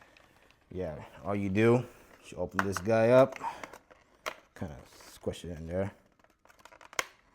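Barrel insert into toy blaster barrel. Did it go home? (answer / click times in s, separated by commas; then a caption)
yes / 7.0 s. Someone talks while a plastic spinning barrel insert is lined up with three notches and squished into the barrel of a Dart Zone Vector Pro toy foam-dart blaster, with faint handling ticks just before the end. A sharp click at 7.0 s marks the insert seating in place.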